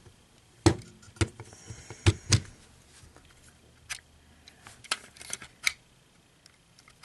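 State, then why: Not seated. A plastic part of a Warbotron WB03-E Laser Cannon transforming toy is fitted into the figure's foot, making sharp plastic clacks and taps around 0.7, 1.2, 2.1, 2.3, 4.9 and 5.7 seconds. The part only rests in the foot and has not locked or clicked in; it would fall out if the figure were turned over.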